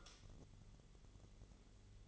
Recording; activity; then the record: daily activity, microphone in the room; light off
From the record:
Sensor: 4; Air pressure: 1008.6 hPa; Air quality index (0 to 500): 90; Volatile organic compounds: 1 ppm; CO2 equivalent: 685 ppm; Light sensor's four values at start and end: 14/32/13/13 and 13/29/12/12